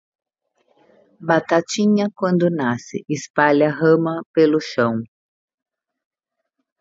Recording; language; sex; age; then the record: short text; Brazilian Portuguese; female; 50 to 59 years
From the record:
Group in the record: control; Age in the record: 59 years